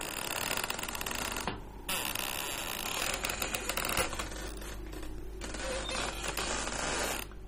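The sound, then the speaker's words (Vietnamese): A harsh, grinding creak like a door dragging slowly on its hinges, coming from outside the door of an oil-drying room, loud and continuous for several seconds with a couple of brief dips, and no voices. “Từ bên ngoài cánh cửa buồng khô dầu vang lên những tiếng kèn kẹt, nghe đến buốt cả óc.”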